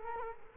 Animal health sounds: mosquito wingbeat signal from an infrared sensor; Culex quinquefasciatus

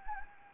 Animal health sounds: mosquito wingbeat signal from an infrared sensor; Anopheles gambiae

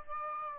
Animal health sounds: mosquito wingbeat signal from an infrared sensor; Aedes aegypti

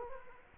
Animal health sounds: mosquito wingbeat signal from an infrared sensor; Culex quinquefasciatus

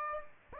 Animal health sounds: mosquito wingbeat signal from an infrared sensor; Aedes aegypti

